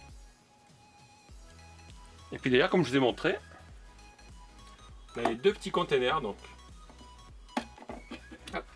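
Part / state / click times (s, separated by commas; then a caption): plastic brick container lid into container body / seated / 7.6 s. Someone talks over background music while a small plastic container from a Star Wars building-brick set is clipped shut. The plastic lid snaps onto the container body with a sharp click at 7.6 s, the loudest hit in the clip, followed by a few softer taps, and the container is seated closed.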